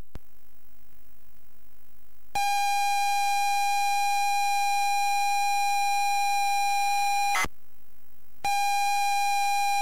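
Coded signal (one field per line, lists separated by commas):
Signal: ZX Spectrum tape loading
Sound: steady buzzy tone near 800 Hz for five seconds, short harsh burst, pause, tone returns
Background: faint hum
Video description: ZX Spectrum load up and quick game play of Knight Tyme loaded up using a zx spectrum +3 with a wh smith cpd8300 cassette player.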